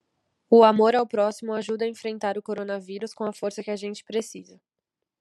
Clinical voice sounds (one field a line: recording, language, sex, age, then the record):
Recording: spoken sentence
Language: Brazilian Portuguese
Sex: female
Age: 20 to 29 years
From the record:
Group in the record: control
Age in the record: 23 years